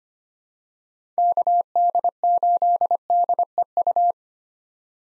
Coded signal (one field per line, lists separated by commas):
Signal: Morse code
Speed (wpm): 25 wpm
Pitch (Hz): 700 Hz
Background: none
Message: KD8DEU